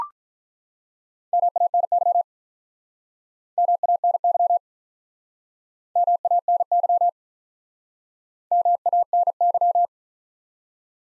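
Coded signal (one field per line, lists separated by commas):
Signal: Morse code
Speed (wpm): 49 wpm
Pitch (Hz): 700 Hz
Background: none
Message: MANY MANY MANY MANY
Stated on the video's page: Speed-Racing Morse practice of the top 300 words, starting fast and slowing to a 35 wpm base; fastest speed is 1.5 times the slowest, final repeat at maximum.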